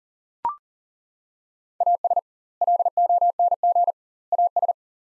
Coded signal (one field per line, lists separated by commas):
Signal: Morse code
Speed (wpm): 40 wpm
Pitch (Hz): 700 Hz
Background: none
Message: AS LONG AS